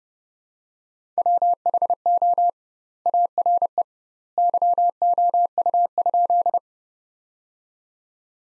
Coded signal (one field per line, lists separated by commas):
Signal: Morse code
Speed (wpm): 30 wpm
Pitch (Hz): 700 Hz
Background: none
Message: WHO ARE YOU?